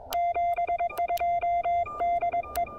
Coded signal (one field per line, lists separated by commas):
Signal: Morse code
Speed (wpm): 26 wpm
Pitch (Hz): 690 Hz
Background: none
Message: 72 DE